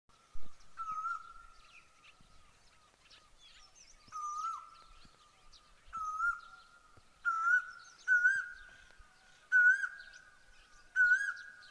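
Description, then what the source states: Asian koel calling, clear whistled notes repeated at shortening intervals, growing louder and slightly higher through the series, with faint chirps of other birds behind. Sweet call heard in the early morning.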